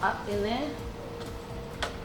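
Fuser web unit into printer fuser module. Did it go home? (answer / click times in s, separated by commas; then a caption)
yes / 1.8 s. A new fuser web unit for a Revoria Press printer is pressed down into the pulled-out fuser module while someone talks. It locks into place with a sharp click at 1.8 s, and the unit is seated.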